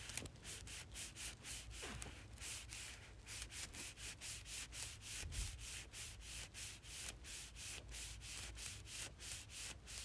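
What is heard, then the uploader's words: Small straws rubbed together in a quick, steady back-and-forth, each stroke a short dry scratch. The strokes come several times a second with a bright, papery hiss and barely pause across the whole stretch. A low hum sits underneath throughout. Rubbing Small Straws Together.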